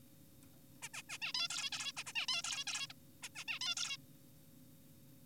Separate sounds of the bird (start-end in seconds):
0.82-0.88, 0.94-1.02, 1.09-1.18, 1.22-1.32, 1.34-1.48, 1.50-1.70, 1.72-1.92, 1.97-2.03, 2.06-2.13, 2.16-2.26, 2.28-2.42, 2.44-2.64, 2.68-2.87, 2.90-2.93, 3.23-3.29, 3.36-3.44, 3.48-3.59, 3.61-3.75, 3.77-3.97